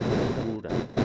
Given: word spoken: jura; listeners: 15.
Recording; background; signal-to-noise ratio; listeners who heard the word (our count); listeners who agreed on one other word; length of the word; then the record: one Spanish word in noise, from a listening test; noise modulated by one talker; -7.2 dB; 1 of 15; 9 of 15; 0.65 s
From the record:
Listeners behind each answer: 9, 5, 1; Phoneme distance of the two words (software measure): 10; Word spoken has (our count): 2 syllables, 4 phonemes, stress on syllable 1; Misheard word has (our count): 2 syllables, 4 phonemes, stress on syllable 1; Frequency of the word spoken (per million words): 2.63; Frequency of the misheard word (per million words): 30.98